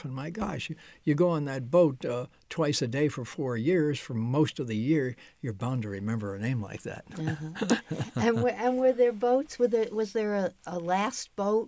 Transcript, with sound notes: My gosh, you go on that boat twice a day for four years for most of the year, you're bound to remember a name like that.
Uh-hmm. [chuckles] And w — and were there boats? Were there — was there a — a last boat?